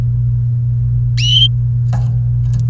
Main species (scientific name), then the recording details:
Serinus canaria. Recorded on 28 April 2018 at 08:17. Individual llb3